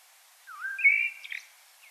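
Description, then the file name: Common blackbird, a single brief rising whistled note that flattens into a fluty tone, ending with a short squeaky flourish. "Turdus merula"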